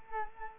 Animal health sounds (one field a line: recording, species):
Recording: mosquito wingbeat signal from an infrared sensor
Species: Culex quinquefasciatus